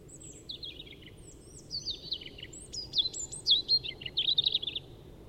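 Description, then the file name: European robin singing a sweet, high warble of quick sliding whistles and short trills, building in loudness toward the end, with low ambient rumble beneath. "Erithacus rubecula"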